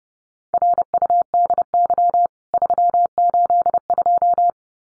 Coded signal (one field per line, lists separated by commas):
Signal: Morse code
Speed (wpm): 30 wpm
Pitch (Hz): 700 Hz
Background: none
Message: RUDY 382